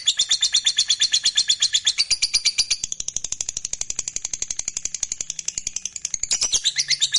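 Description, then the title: Lovebird song, a sustained fast chatter of thin, shrill notes that briefly softens in the middle before strengthening again. "Suara Lovebird Ini"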